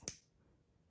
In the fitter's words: That little clicking noise is a confirmation that the jump ring is fully closed off.